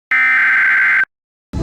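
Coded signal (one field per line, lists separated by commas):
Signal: Emergency Alert System (SAME) tones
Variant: header bursts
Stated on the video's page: Fictional EAS scenario, not a real alert.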